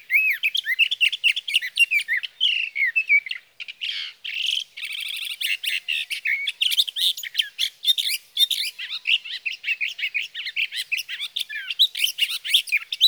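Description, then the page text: Sage thrasher song, an unbroken, rapid jumble of warbles, trills and raspy buzzes lasting throughout, notes tumbling one after another. Male singing through the night near his night roost, evenings of June 12 to morning of June 15, 2018, Sierra Valley, California; recorded with a Swift recorder. "61. Sage thrasher songs, through the night."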